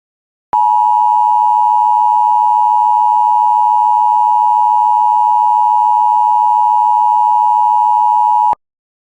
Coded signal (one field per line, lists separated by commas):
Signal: Emergency Alert System (SAME) tones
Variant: 853 and 960 Hz attention tone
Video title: AL And GA Tornado Warning On Weatherscan 24/7 EAS #348